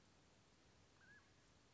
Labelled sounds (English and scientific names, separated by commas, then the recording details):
Mountain Quail (Oreortyx pictus)
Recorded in Sonoma County, California